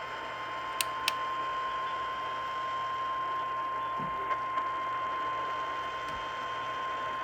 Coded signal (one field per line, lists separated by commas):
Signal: Emergency Alert System (SAME) tones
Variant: 1050 Hz attention tone